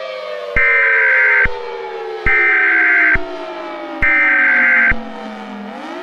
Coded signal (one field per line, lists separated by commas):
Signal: Emergency Alert System (SAME) tones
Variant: header bursts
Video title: Time Goes Backwards (Sept. 2020) (EAS Scenario)